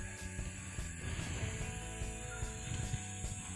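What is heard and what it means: The plastic middle ring of an XRF sample cup is handled and pressed down over the film and outer ring, with soft rubbing and scraping over a steady tonal hum. Nothing has seated or clicked yet.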